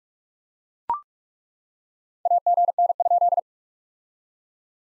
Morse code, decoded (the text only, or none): AGN?